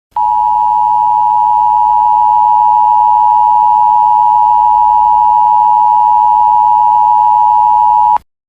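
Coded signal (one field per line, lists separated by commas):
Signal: Emergency Alert System (SAME) tones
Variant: 853 and 960 Hz attention tone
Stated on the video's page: Fictional EAS tones made for a short horror film; simulated, not a real activation.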